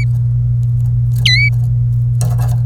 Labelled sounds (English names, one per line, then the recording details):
Domestic Canary song
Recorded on 26 April 2018 at 17:49
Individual llb3